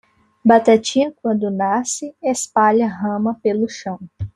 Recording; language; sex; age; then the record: short text; Brazilian Portuguese; female; 20 to 29 years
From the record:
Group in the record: control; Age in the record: 21 years